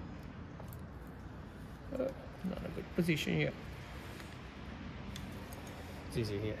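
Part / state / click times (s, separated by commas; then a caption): throttle harness connector into bike wiring connector / not seated / none. A throttle harness connector is maneuvered and lined up in a tight position against the bike's wiring connector, ready to be pushed home. Someone talks over soft handling noises with a few faint brief ticks. Nothing has seated or clicked yet.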